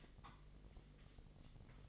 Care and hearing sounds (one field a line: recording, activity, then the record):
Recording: daily activity, microphone in the room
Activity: take from stove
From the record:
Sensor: 4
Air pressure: 1000.2 hPa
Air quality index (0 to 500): 220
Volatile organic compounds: 25 ppm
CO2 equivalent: 2845 ppm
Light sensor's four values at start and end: 9/20/8/8 and 9/19/8/7